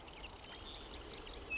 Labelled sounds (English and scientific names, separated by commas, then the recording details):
Marsh Wren (Cistothorus palustris)
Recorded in Sonoma County, California